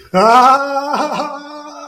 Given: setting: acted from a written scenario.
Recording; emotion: vocal sound without words; fear